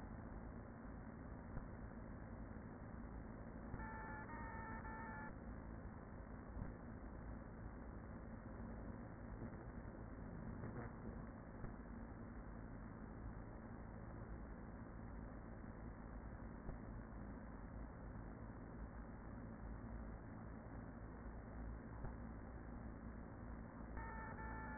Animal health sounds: honeybee colony, microphone inside the hive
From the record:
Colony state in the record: queen present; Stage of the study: after two queens were removed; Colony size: about 40,000 bees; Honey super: no

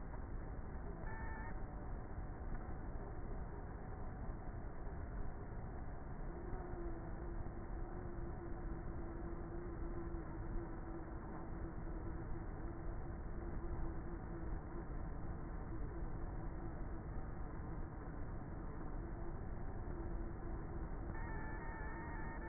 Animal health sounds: honeybee colony, microphone inside the hive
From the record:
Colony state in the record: queenless with a low population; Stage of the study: before two queens were removed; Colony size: about 30,000 bees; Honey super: no

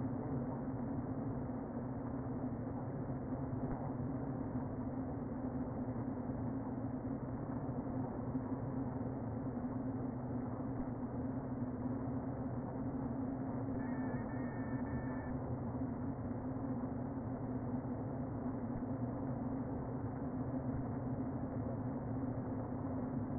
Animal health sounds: honeybee colony, microphone inside the hive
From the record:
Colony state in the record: queen present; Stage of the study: before two queens were removed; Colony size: about 60,000 bees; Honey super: yes

